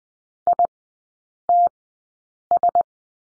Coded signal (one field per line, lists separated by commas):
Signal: Morse code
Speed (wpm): 20 wpm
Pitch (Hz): 700 Hz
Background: none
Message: ITS